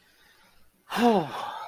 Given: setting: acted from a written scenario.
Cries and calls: vocal sound without words; distress

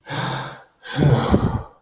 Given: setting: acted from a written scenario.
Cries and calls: vocal sound without words; relief

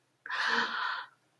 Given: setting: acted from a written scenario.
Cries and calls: vocal sound without words; sadness

